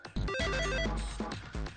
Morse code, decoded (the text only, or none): none